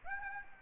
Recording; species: mosquito wingbeat signal from an infrared sensor; Aedes aegypti